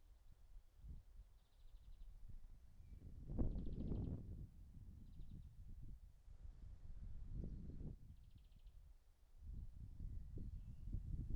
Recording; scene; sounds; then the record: everyday scene through a hearing-aid microphone; wind on the microphone; wind, birds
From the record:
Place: in front of a rural house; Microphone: behind the ear, right, rear